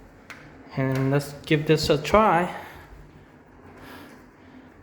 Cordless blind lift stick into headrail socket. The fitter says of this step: and then it just goes in here and just push there we go you hear that click